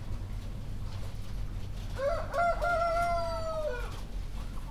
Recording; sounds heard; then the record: poultry house recording; healthy chickens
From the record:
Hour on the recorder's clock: 1